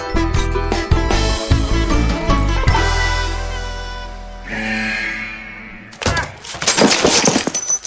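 Several heavy thuds and knocks of someone bumping into the corners of furniture in a chicken factory land over a swelling musical score, followed by a louder clattering crash of breaking objects near the end.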